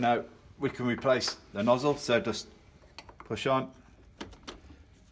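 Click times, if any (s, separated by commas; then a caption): 4.2 s. Someone talks while a plastic nozzle is pushed back onto a drinks dispense valve and twisted to lock it into place. A sharp click at 4.2 s marks the nozzle seating, followed by a few fainter taps. The nozzle ends up locked in place.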